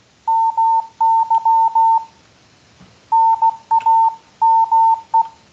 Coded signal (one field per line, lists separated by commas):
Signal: Morse code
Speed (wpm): 16 wpm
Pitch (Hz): 900 Hz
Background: none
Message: MY NAME